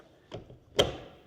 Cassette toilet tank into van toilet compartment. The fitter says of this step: then you just slide it right back in and it locks in place